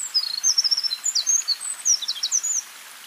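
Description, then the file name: Eurasian wren song: a fast, high, tinkling run of sharp notes and trills lasting over two seconds, then quiet background hiss. "Troglodytes troglodytes"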